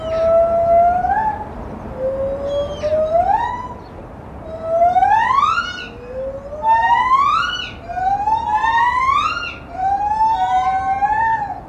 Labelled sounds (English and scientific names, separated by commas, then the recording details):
Lar Gibbon (Hylobates lar)
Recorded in captivity
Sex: female
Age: adult
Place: Tierpark Berlin, Berlin, DE
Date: 1974-11-30 10:18
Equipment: Uher 4200 Report Stereo, Verstärker, Sennheiser MD 421
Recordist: Tembrock, Günter
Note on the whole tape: Rufreihen und Gesang (eine Strophe) des Weibchens, das sich im Haus aufhält, nicht beobachtet, zum Ende fällt ein zweites Weibchen mit ein. Abstand: 15 m. Aufnahmezeit: 9.45-12.30 Uhr